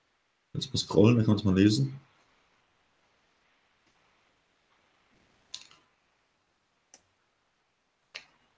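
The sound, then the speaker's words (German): A brief voice at the start, then silence broken by three sharp, isolated clicks spaced about a second apart as a mouse wheel is scrolled in short notches. “Kannst du mal scrollen, dann kann man mal lesen.”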